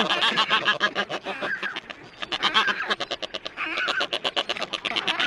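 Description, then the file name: Black-browed albatross sounds: rapid, evenly pulsed rattling bursts mixed with harsh nasal squawks, repeated in quick rhythmic series. "Canto do albatroz de sobrancelha"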